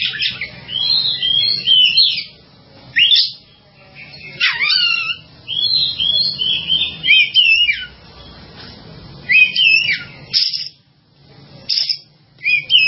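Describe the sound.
Bird song: rapid high chattering and whistled phrases in bursts separated by short pauses.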